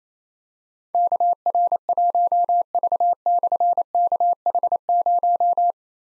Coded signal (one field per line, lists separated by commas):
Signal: Morse code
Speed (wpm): 27 wpm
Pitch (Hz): 700 Hz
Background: none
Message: KR1V/KH0